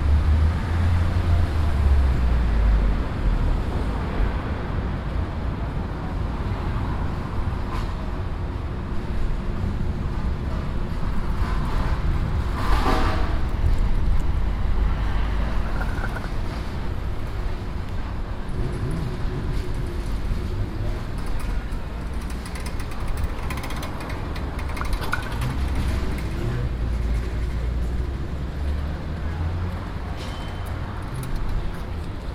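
Busy Amsterdam street with a steady, dense rumble of traffic and vehicles throughout. A brief brighter whoosh stands out around 13 seconds, with faint voices and clatter scattered across the low, continuous roar.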